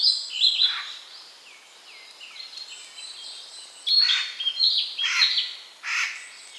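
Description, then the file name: Eurasian jay rasps in the second half, three or four coarse bursts, after an opening of high whistled, sliding notes. "Garrulus glandarius"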